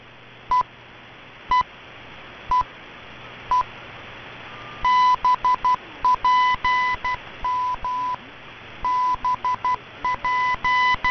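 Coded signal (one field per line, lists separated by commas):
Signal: radio time signal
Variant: BPM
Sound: four short once-a-second ticks at 1 kHz, then Morse-like keyed tone call sign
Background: radio static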